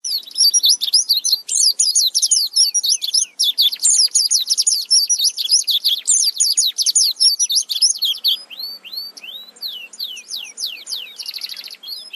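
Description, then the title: White-eye song: a fast, continuous stream of high, thin chirps and sweeping notes, tumbling energetically before easing into separate, downward-slurred notes. "Pleci"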